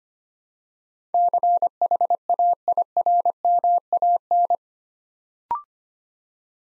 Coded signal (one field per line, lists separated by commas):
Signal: Morse code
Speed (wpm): 25 wpm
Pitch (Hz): 700 Hz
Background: none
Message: CHAIRMAN